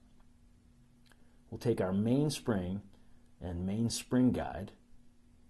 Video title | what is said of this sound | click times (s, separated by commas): The Carry Academy: Semi-Automatic Cleaning (Online Firearms Safety Training Course CCW) | and your barrel will lock into place | 1.1 s